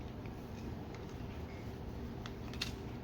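Plastic pieces of a Transformers Siege War for Cybertron Leader Astrotrain figure are pressed into a recess in the figure's body over a steady low background hum. A few faint handling ticks come first, then a sharp click at 2.6 s as the piece seats into place.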